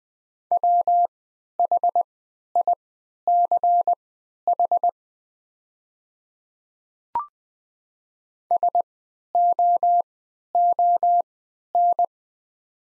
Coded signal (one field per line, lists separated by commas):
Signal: Morse code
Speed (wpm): 20 wpm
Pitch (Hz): 700 Hz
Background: none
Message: WHICH SOON